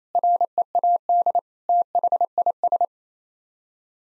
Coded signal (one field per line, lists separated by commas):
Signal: Morse code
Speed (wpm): 27 wpm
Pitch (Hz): 700 Hz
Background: none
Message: READ THIS